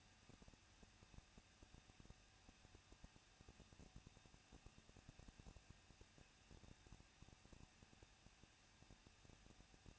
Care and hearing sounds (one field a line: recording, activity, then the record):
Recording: daily activity, microphone in the room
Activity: no activity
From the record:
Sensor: 2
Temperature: 21.0 degrees Celsius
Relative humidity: 37.3%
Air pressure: 1006.4 hPa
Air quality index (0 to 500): 220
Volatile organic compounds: 23 ppm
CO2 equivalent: 2774 ppm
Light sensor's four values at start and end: 2/3/2/2 and 2/3/2/2